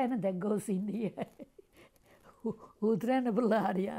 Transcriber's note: she laughs